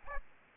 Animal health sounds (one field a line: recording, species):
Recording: mosquito wingbeat signal from an infrared sensor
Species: Aedes aegypti